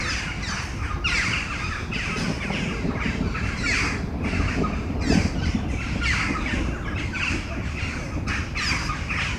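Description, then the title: Crows cawing loudly, harsh grating caws from many birds overlapping irregularly, with a low rumbling background. Crows before a storm at Domaine de Tivoli, Mechelen, Belgium; Sony PCM-M10 internal microphones. "Domaine de Tivoli, Malines, Belgique, Belgium - Corneilles avant lorage - Crows before the storm"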